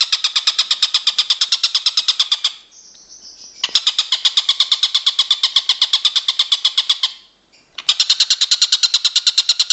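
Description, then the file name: Stork-billed kingfisher giving harsh, rapid cackling notes, about three per second, in long bursts broken by two short pauses. "tengkek buto om andri"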